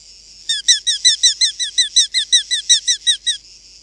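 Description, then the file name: Eurasian hobby calling a brisk series of many high, sharp kew notes at a quick pace. "Larkfalk"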